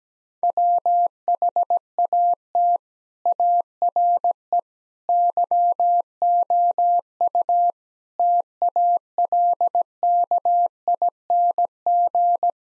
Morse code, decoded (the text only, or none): WHAT ARE YOU TALKING